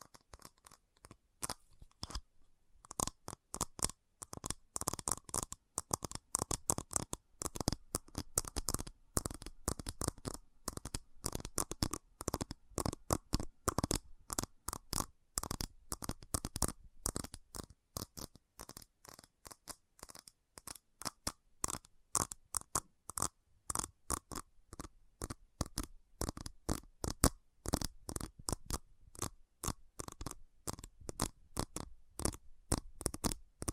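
Fast tapping fills the clip, a dense run of sharp, crisp clicks that reach from low thuds up into bright ticks. The rhythm is quick and uneven, with brief clusters and a short pause near the two-second mark. Between taps there is near silence.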